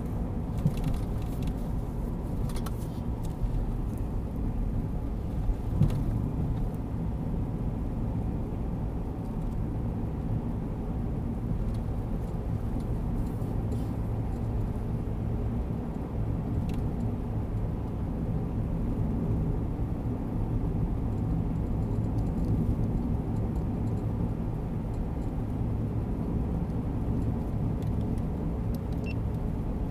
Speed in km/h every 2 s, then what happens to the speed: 64, 62, 61, 62, 63, 65, 66, 65, 66, 64, 64, 64, 66, 66, 65.
0-30 steady at about 64.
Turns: none.